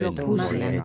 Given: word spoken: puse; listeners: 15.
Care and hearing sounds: one Spanish word in noise, from a listening test; four-talker babble; -1.7 dB; 2 of 15; 8 of 15; 0.44 s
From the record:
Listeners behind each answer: 8, 2, 2, 1, 1, 1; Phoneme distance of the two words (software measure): 21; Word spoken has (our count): 2 syllables, 4 phonemes, stress on syllable 1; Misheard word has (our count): 3 syllables, 7 phonemes, stress on syllable 2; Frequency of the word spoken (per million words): 14.93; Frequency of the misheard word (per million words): 3.31

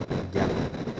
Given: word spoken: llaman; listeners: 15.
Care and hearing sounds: one Spanish word in noise, from a listening test; noise modulated by three-talker babble; -4.3 dB; 0 of 15; 7 of 15; 0.60 s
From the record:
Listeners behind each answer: 7, 2, 1, 1, 1, 1, 1, 1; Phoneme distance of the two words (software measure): 7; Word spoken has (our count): 2 syllables, 5 phonemes, stress on syllable 1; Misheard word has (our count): 2 syllables, 4 phonemes, stress on syllable 1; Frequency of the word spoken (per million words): 34.43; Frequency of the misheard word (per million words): 97.68

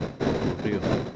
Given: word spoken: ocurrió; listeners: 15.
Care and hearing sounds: one Spanish word in noise, from a listening test; noise modulated by three-talker babble; -5.8 dB; 1 of 15; 6 of 15; 0.76 s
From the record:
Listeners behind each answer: 6, 2, 1, 1, 1, 1, 1, 1, 1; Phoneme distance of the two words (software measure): 34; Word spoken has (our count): 3 syllables, 6 phonemes, stress on syllable 3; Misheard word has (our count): 2 syllables, 6 phonemes, stress on syllable 2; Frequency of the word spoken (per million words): 56.15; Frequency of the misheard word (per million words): 27.81

